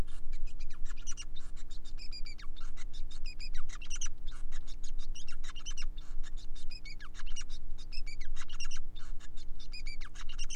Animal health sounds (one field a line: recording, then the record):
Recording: song of a male Bengalese finch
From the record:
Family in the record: son of father 5